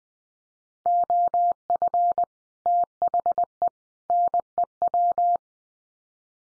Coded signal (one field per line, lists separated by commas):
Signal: Morse code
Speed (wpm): 20 wpm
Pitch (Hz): 700 Hz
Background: none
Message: OF THE NEW